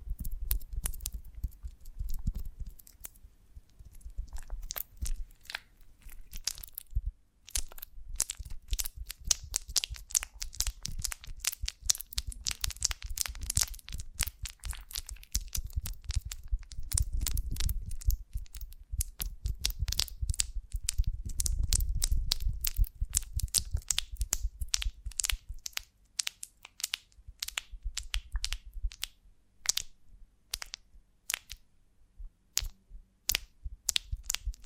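Honeycomb on a branch is handled and crushed, giving a dense run of sharp crackles, snaps and wet crunches. Clicks crowd together through the first half with low thumps around 17 and 22 seconds, then thin into sparser, separate pops toward the end.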